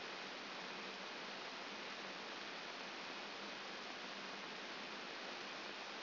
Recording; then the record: brain microelectrode recording played as sound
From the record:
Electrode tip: outside the subthalamic nucleus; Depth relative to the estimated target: -2.5 mm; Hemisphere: left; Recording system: AlphaMap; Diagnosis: Parkinson's disease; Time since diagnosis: 14 years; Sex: female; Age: 58 years